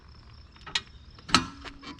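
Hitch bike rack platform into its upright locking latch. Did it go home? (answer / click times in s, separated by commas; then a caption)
yes / 1.4 s. A folded RockyMounts MonoRail 2 hitch bike rack platform is pushed up into its upright locking latch, with a smaller clack at 0.8 s before a sharp metallic latch click at 1.4 s. The platform latches upright and is confirmed locked in place.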